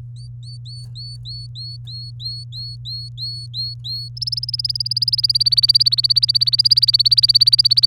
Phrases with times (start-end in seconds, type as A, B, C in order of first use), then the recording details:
0.16-4.08 A, 4.16-7.86 B. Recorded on 24 April 2018 at 06:14. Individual llb3